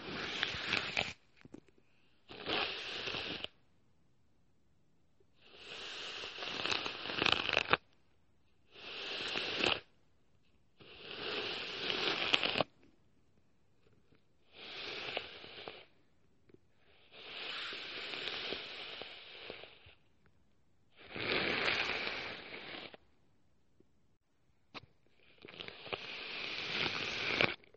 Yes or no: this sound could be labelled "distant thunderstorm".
no